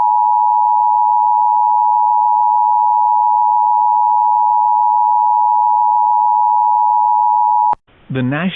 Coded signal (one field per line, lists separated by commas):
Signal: Emergency Alert System (SAME) tones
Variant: 853 and 960 Hz attention tone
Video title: EAS Reenactment Mock: Deep Destruction